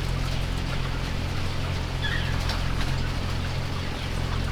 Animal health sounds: poultry house recording; healthy chickens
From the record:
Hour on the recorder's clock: 19

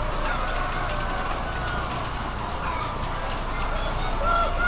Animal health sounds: poultry house recording; healthy chickens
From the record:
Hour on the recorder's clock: 21

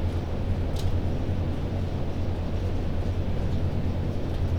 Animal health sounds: poultry house recording; no chicken sound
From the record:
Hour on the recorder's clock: 0

